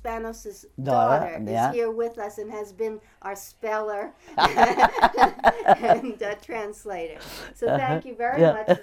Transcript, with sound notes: Spanos' daughter is here with us, and has been our speller. (they laugh) And translator. So thank you very much.